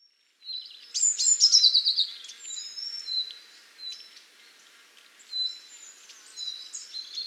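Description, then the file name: Eurasian blue tit calls open with a loud, rapid, descending chattering trill, followed by softer thin high chirps and whistles that continue intermittently to the end. "Cyanistes caeruleus"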